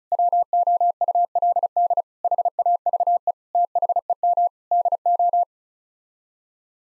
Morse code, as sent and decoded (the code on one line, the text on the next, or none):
.-- --- ..- .-.. -.. / .... .- ...- . / - .... . -- / -.. ---
WOULD HAVE THEM DO